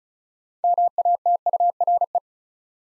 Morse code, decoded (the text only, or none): MATURE